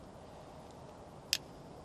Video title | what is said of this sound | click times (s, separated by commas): Why My Audi A4 Smelled Like Gas Inside | It'll start to go in, and you should hear it click when it goes all the way in. | 1.3 s